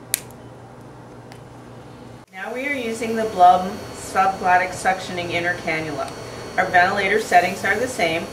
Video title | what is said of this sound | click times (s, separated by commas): LTV1000 Ventilator with Blom Tracheostomy Tube | insertion of the subglottic suctioning cannula you will now hear an audible click | 0.1 s